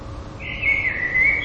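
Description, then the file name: Common blackbird song, a short mellow whistle that slides down and levels out, with a thin high note at the very end, against soft hiss. "merles"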